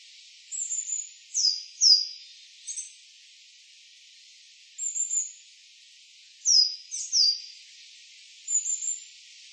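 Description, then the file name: Coal tit calls: thin, very high-pitched descending notes and short tsee sounds in loose clusters, several over nine seconds, against a faint high hiss. Recorded in Utsunomiya, Japan, on 12 January 2010. "higara utsunomiya hirano"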